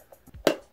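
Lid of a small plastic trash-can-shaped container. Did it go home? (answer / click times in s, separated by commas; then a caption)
no / none. A person lowers the lid onto a small plastic trash-can-shaped container, making a few faint knocks and then one sharp, loud hit at about 0.5 s as the lid lands, followed by a short fading ring. The lid only rests loosely on top and does not snap shut; nothing has latched or clicked.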